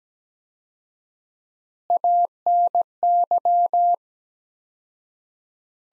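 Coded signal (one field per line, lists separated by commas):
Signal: Morse code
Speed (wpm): 17 wpm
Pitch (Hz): 700 Hz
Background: none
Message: ANY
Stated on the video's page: Morse practice sentences from the top 400 words at 17 wpm with 4x standard word spacing, a Farnsworth-like drill for head-copying.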